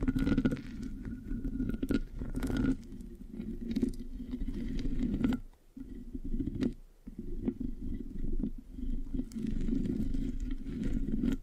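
Mic scratching fills the clip with a dense, low rumbling rub that churns continuously, with sharp crackly ticks scattered throughout. The sound drops out briefly around five and a half seconds and again near seven seconds before resuming at full strength.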